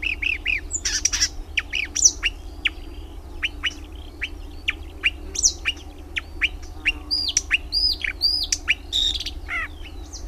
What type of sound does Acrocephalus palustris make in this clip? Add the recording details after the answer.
song. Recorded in the wild. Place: Anhauser Weiher, DE. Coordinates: 48.8458, 10.6578. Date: 1970-06-06. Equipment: Uher Report 4200, AKG D190C in Doppel-Parabolreflektor. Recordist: Krey, Winfried